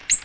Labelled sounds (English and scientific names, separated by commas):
Ovenbird (Seiurus aurocapilla) flight call